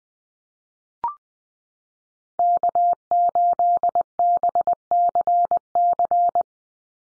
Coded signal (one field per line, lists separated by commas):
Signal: Morse code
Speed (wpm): 20 wpm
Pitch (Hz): 700 Hz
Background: none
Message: K8BCC